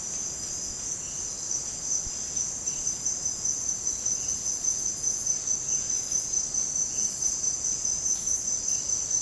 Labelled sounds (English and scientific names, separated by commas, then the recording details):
none
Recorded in secondary vegetation near Puerto Asís, Putumayo, Colombia, on 29 June 2025 at 15:30
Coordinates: 0.484, -76.319
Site G074